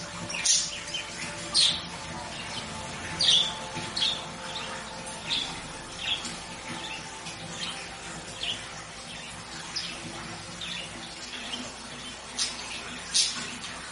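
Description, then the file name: Budgerigar giving short, bright chirps at irregular intervals, scattered sharp high notes. White budgerigar; song. "canto do periquito australiano branco"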